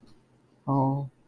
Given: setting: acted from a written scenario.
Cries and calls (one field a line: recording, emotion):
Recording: vocal sound without words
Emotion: sadness